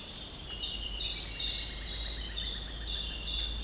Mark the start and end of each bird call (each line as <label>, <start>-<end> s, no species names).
bird call, 1.10-3.18 s